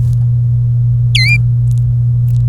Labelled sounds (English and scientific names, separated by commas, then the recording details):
Domestic Canary (Serinus canaria) song
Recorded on 26 April 2018 at 07:42
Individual llb3